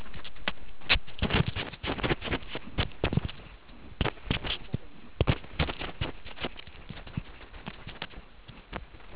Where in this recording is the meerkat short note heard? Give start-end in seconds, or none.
none